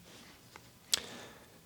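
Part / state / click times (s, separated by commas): wax trap into hearing aid receiver / seated / 0.9 s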